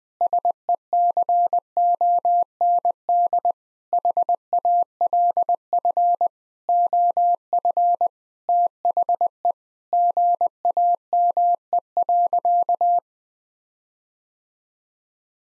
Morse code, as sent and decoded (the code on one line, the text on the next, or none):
... . -.-. --- -. -.. / .... .- .-.. ..-. / --- ..-. / - .... . / --. .- -- . .-.-.-
SECOND HALF OF THE GAME.